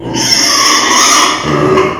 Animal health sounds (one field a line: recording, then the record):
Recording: squeal of a Yucatan mini pig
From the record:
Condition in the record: before surgery on the right vocal fold (resection and tissue-engineered implant)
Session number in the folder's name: 2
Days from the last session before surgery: 0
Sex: male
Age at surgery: 12 weeks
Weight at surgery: 13 kg